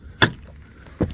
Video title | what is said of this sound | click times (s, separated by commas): 2022 Ford Maverick 2 year 22k Mile Review! | sound like it even popped and came all the way open let's | 0.2 s